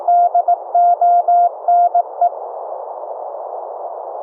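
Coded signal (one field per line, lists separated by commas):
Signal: Morse code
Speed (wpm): 19 wpm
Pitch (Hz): 700 Hz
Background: none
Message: DONE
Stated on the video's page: Live CW audio tones sent from a software keyboard over FRS radios, heard from a second FRS receiver through a software bandpass filter.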